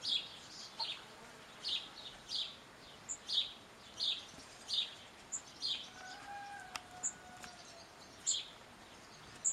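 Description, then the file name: House sparrow chirping in an uneven series of notes, with brief clicks and a short tonal sound in the background. "Passer domesticus"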